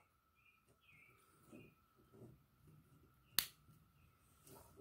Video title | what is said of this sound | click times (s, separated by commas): my solar parts for bus to rv | should hear his click | 3.4 s